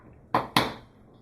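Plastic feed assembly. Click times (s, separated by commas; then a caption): 0.3 s, 0.6 s. A quick-release (QE) feed system is pushed down into a paintball marker's Cyclone feed housing, with the donut pushed in and the whole assembly pressed down. Two sharp snaps ring out at 0.3 s and 0.6 s, each with a bright decaying tail. The feed assembly snaps into place and is seated.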